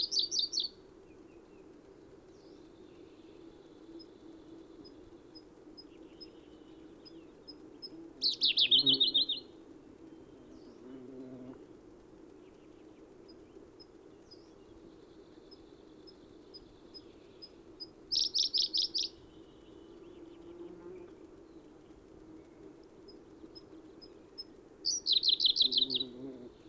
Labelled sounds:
Siberian Blue Robin (Luscinia cyane) song
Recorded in the wild
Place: Dzhalmyn, MN
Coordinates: 48.166, 107.736
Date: 1979-06-11
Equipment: Nagra III BH, Sennheiser MD 21, parabola
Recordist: Schubert, Michael

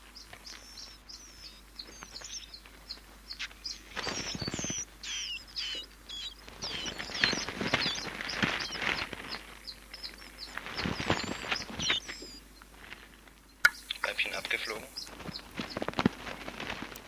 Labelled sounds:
Willow Warbler (Phylloscopus trochilus) call
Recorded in captivity
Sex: diverse
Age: diverse
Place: Volierenanlage, Zoologisches Institut Universität Tübingen, Baden-Württemberg, DE
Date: 1968-06-05
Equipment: Kapselmikrophon, LGS26
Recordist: Schneider, Hans-Joachim

